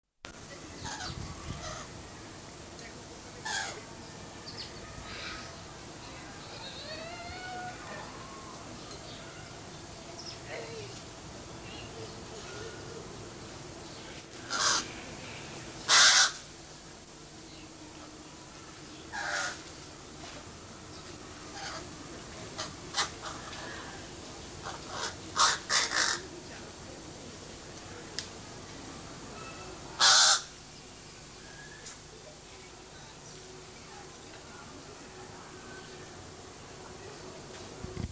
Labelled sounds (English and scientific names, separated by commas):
Pied Crow (Corvus albus) call